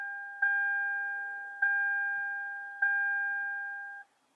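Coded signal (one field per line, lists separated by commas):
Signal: none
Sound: device confirmation beeps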